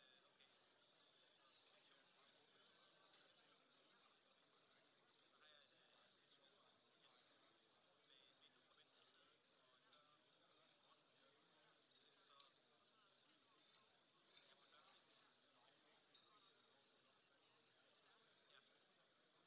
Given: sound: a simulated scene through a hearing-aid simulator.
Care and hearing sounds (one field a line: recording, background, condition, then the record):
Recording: conversation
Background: cafeteria (anchor of the quiet scene)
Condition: -6 dB SNR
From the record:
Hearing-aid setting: anchor resembling a broken hearing aid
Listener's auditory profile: D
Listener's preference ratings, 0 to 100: 1, 1, 1